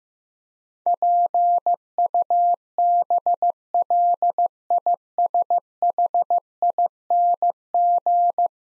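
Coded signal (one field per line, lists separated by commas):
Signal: Morse code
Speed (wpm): 16 wpm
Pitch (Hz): 700 Hz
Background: none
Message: PUBLISHING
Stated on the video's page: Head-copy drill of ten-letter words sent at 15 wpm, each word sent, then spoken, then sent again.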